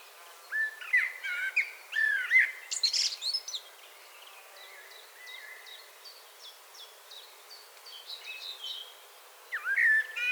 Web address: SETE Turdus merula